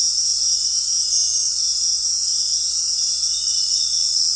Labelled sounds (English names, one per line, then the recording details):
none
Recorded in dense forest near Puerto Asís, Putumayo, Colombia, on 9 March 2025 at 18:30
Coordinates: 0.499, -76.324
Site GP03